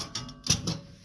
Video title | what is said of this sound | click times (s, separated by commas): how to change the cable for the mower deck to engage Craftsman lt2000 riding lawn mower | Just heard it snap in, so it's good. | 0.5 s